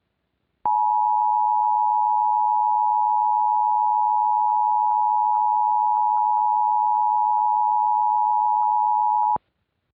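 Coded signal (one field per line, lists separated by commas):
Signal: Emergency Alert System (SAME) tones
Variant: 853 and 960 Hz attention tone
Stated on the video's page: Fictional EAS scenario made for entertainment, not a real broadcast; tones may or may not be valid.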